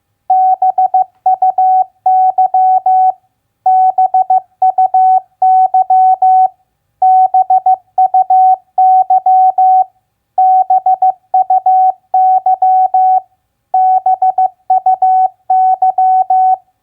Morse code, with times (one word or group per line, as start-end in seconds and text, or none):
0.3-3.1 BUY
3.7-6.5 BUY
7.0-9.8 BUY
10.4-13.2 BUY
13.7-16.5 BUY